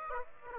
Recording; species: mosquito wingbeat signal from an infrared sensor; Aedes aegypti